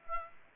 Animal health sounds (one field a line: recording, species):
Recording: mosquito wingbeat signal from an infrared sensor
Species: Aedes aegypti